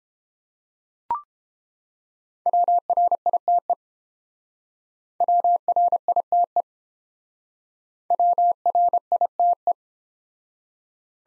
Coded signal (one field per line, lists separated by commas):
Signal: Morse code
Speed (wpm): 30 wpm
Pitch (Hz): 700 Hz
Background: none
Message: WRITE WRITE WRITE